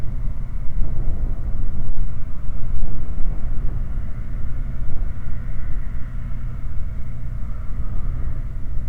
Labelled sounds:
machinery
flare stack
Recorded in the Prudhoe Bay oil fields, Alaska, on 15 August 2019 at 19:53
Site 29

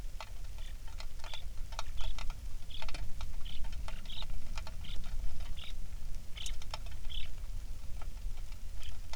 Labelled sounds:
songbird
rain
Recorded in the Prudhoe Bay oil fields, Alaska, on 27 July 2019 at 18:07
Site 19

